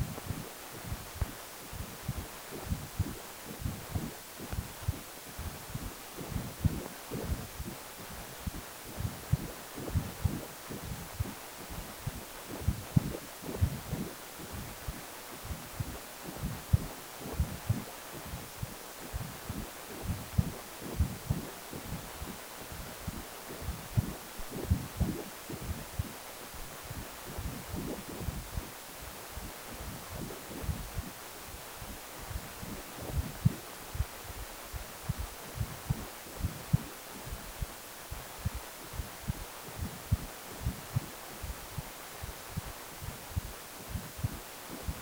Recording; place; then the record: Doppler ultrasound of blood flow; precordium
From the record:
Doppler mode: continuous wave and pulsed wave in the uncut recording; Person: healthy adult, 18 to 50 years, no heart murmur, not diving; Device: 2.5 MHz transducer